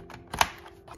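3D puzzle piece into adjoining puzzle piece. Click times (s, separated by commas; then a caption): 0.4 s. A foam/cardboard 3D puzzle piece is pushed into its slot in an adjoining puzzle piece. A faint tick at 0.1 s and a small crackle at 0.3 s come before a sharp pop-snap at 0.4 s, the loudest moment of the clip. The piece locks in place.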